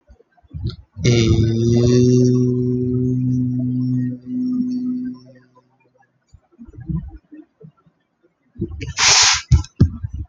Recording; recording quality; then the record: sustained vowel as in made; excellent, no background noise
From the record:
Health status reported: exposed to COVID-19, no respiratory illness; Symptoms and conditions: fever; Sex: male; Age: 25 years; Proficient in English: yes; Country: India